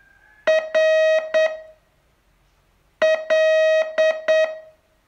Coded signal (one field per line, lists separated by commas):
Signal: Morse code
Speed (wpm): 8 wpm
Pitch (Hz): 630 Hz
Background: music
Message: R L